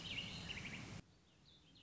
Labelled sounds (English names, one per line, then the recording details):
Warbling Vireo
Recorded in Sonoma County, California